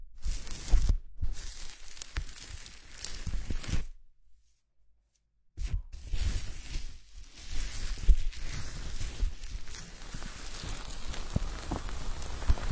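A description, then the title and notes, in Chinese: Foamy hair washing with scalp massage: dense, crackling, rustling lather sounds with bright hiss, rising and falling as hands rub. A short silent gap falls around four to five and a half seconds, then the steady squishing rub resumes to the end. 泡沫洗头 按摩。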